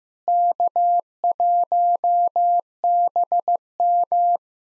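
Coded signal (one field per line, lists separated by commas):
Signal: Morse code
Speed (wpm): 15 wpm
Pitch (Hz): 700 Hz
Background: none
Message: K1BM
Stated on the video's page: SOTA QSO practice drill at 15 wpm, each exchange sent in Morse, spoken, then sent again.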